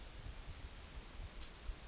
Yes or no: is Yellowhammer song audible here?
no